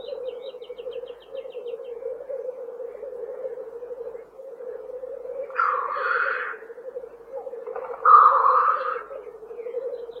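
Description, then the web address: Black grouse bubbling song goes on throughout, with two loud hissing bursts in the second half and faint high ticking at the very start. "тетерев"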